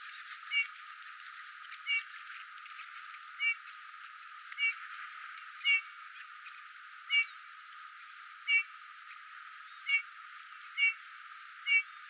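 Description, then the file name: Eurasian bullfinch piping calls, about ten brief, gentle whistles at slightly uneven intervals, over steady background hiss. "Pyrrhula pyrrhula"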